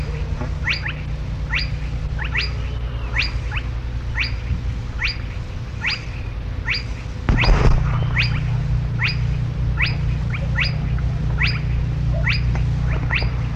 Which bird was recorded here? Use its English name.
Spotted Crake